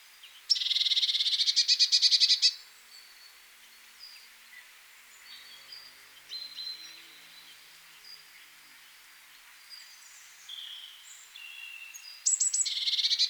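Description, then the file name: Eurasian blue tit giving a harsh, rapid buzzy churr of many fast pulses lasting about two seconds, repeated at the end, with faint high notes between. "Cyanistes caeruleus"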